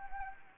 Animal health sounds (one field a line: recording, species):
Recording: mosquito wingbeat signal from an infrared sensor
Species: Anopheles gambiae